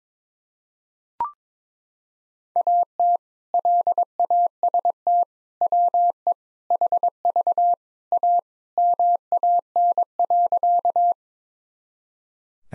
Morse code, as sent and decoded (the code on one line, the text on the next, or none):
.- - / .-.. .- ... - / .-- . / .... ...- / .- / -- .- -. .-.-.-
AT LAST WE HV A MAN.